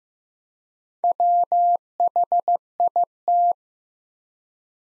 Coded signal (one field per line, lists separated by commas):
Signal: Morse code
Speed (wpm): 15 wpm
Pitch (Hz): 700 Hz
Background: none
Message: WHIT